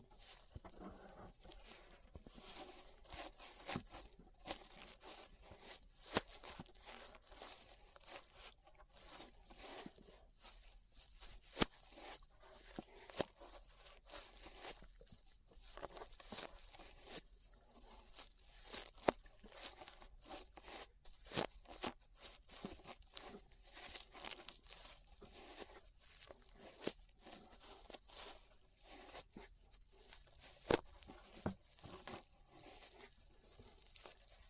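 Ear brushing fills the clip with soft, bristly scratching and rustling that rises and falls in quick strokes. Sharp crinkly bursts stand out every second or two, brightest in the high range, over a quiet, steady low hush.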